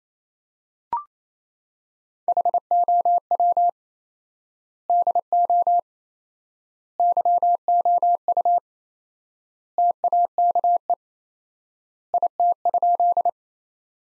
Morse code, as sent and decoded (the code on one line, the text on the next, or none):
.... --- .-- / -.. --- / -.-- --- ..- / - .- -.- . / .. - ..--..
HOW DO YOU TAKE IT?